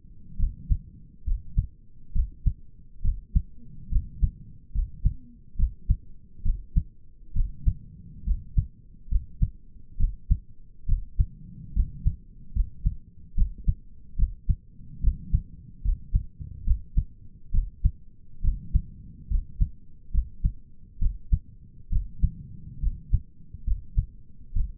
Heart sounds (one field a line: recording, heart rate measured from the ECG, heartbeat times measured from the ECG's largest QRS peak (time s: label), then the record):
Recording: heart sounds by stethoscope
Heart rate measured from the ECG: 70 bpm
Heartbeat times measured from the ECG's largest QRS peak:
0.39 s: heartbeat
1.26 s: heartbeat
2.14 s: heartbeat
3.04 s: heartbeat
3.91 s: heartbeat
4.74 s: heartbeat
5.58 s: heartbeat
6.45 s: heartbeat
7.35 s: heartbeat
8.26 s: heartbeat
9.11 s: heartbeat
9.99 s: heartbeat
10.88 s: heartbeat
11.75 s: heartbeat
12.55 s: heartbeat
13.37 s: heartbeat
14.18 s: heartbeat
15.03 s: heartbeat
15.84 s: heartbeat
16.66 s: heartbeat
17.53 s: heartbeat
18.44 s: heartbeat
19.30 s: heartbeat
20.13 s: heartbeat
21.01 s: heartbeat
21.92 s: heartbeat
22.82 s: heartbeat
23.66 s: heartbeat
24.55 s: heartbeat
From the record:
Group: healthy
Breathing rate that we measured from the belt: 16 breaths a minute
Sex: male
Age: 22 years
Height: 181 cm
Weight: 79 kg